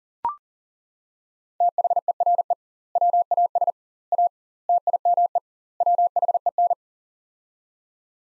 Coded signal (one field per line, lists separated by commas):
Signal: Morse code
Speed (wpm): 40 wpm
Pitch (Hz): 700 Hz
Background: none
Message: THERE WAS A TIME WHEN